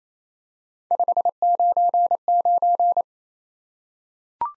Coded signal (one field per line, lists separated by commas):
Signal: Morse code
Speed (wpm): 27 wpm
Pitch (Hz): 700 Hz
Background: none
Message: 599